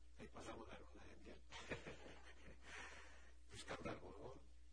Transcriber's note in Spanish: risas